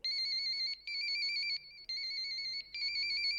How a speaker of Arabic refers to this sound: التليفون ده مش عايز يسكت، ومين هيتصل والكل عارف ان البيت فاضي؟